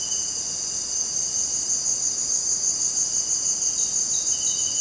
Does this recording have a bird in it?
no